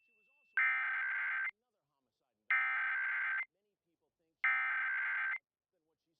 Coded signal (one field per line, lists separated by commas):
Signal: Emergency Alert System (SAME) tones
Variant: header bursts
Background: speech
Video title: NATIONAL EAS TEST 9/28/16 WJAR-TV WWLI-FM Providence